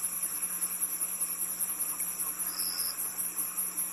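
Cricket: shrill, rapidly pulsing chirps throughout, with a short thin tone past the middle and a steady low hum.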